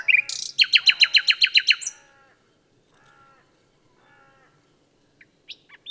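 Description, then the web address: Common nightingale song: a harsh opening note followed by a fast, loud series of repeated notes, then near silence with faint notes and a few sharp chips. "SETE Luscinia megarhynchos"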